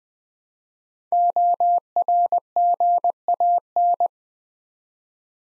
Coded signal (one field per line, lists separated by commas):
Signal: Morse code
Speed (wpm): 20 wpm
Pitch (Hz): 700 Hz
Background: none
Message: ORGAN